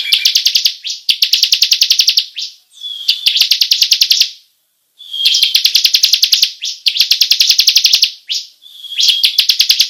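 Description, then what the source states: Bar-winged prinia repeating quick, shrill rolling trills in short phrases, some starting with a thin whistled note. Long rolling song style, locally called ngerol panjang.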